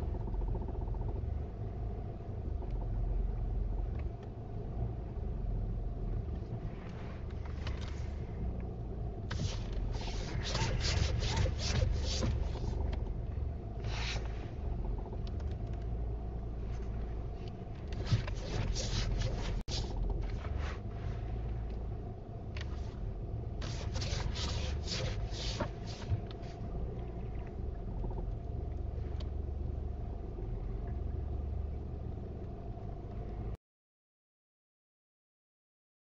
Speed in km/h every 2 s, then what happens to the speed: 0, 0, 0, 0, 0, 0, 0, 0, 0, 0, 0, 0, 0, 0, 0, 0, 0, 0.
0-36 standing.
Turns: none.